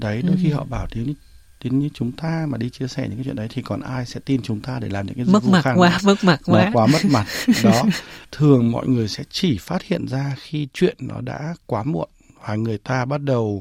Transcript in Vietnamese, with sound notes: Đôi khi họ bảo tính, tính như chúng ta mà đi chia sẻ những chuyện đấy thì còn ai sẽ tin chúng ta để làm những cái gương mặt- Mất mặc quá, mất mặc quá. [tiếng cười] Nó quá mất mặc. Đó. Thường mọi người sẽ chỉ phát hiện ra khi chuyện nó đã quá muộn và người ta bắt đầu--